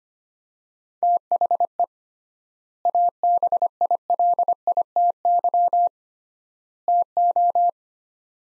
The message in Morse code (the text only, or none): THE ABILITY TO